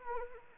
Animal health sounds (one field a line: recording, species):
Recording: mosquito wingbeat signal from an infrared sensor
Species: Anopheles arabiensis